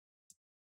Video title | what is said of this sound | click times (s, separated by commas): How to Replace Battery on ASUS VIVOBook S S510UR-BR175T Laptop - Easy DIY Guide | You want to hear that click sound. | 0.3 s